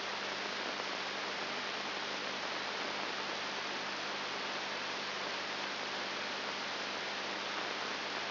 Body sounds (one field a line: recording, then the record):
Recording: brain microelectrode recording played as sound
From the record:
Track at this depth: inside the subthalamic nucleus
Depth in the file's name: 3.301 mm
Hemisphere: left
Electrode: 3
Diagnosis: Parkinson's disease